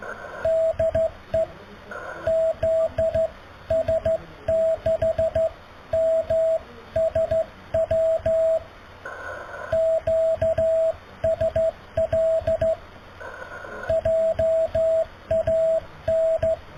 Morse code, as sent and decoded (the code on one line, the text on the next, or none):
-.. . / --.. ... -.... -- ... .-- / --.- ... .-.. / .--- .- -.
DE ZS6MSW QSL JAN